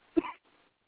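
A single short, explosive cough burst from an adult woman in another room, muffled and distant, with thin phone-line sound quality and a brief faint tail afterward. One isolated cough, with no wheeze or repeated bouts.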